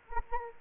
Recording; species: mosquito wingbeat signal from an infrared sensor; Anopheles gambiae